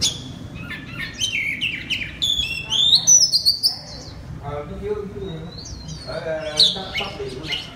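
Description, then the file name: Oriental magpie-robin song with varied whistles and rapid chatter, with some harsher, lower tones mixed in. Loud song in the 'ngeplong' style of the kacer. "suara kacer ngeplong keras"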